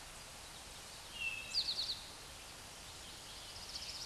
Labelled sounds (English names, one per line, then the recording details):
Eastern Towhee song
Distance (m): 5 m
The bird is about level with the microphone
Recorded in a Pennsylvania forest on 16 May 2024 at 09:44
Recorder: AudioMoth, point MSD-2142
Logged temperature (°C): 16.7 °C
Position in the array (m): 3 m, 44 m